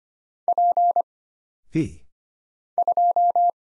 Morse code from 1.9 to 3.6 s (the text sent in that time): 2